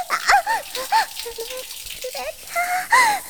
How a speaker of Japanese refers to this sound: めくれてシャワーに当たってる。